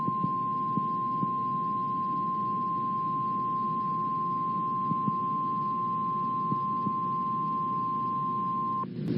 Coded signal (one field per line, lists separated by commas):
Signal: Emergency Alert System (SAME) tones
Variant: 1050 Hz attention tone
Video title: Severe Thunderstorm Warning EAS in Stillwater, OK